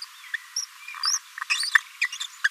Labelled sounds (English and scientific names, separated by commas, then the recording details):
Green-rumped Parrotlet (Forpus passerinus) babbling
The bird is a male
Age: 24 days
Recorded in a nest box in Venezuela
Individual 17B42A3